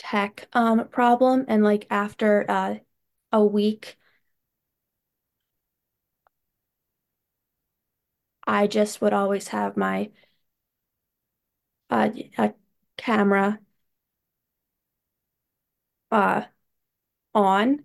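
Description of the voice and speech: Adult woman speaking with stuttering: silent blocks break her speech into fragments separated by long pauses.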